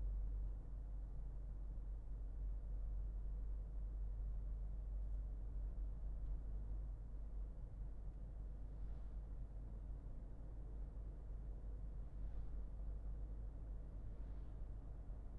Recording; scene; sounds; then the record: everyday scene through a hearing-aid microphone; in a vehicle; engine, highway driving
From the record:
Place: Berlingo II, diesel engine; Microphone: behind the ear, left, front